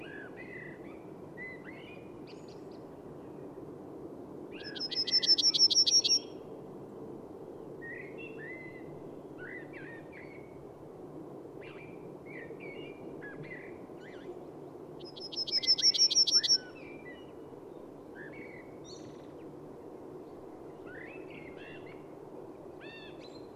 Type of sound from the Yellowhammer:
song